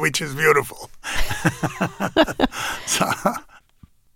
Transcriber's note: laughter